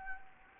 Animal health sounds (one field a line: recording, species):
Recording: mosquito wingbeat signal from an infrared sensor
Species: Anopheles gambiae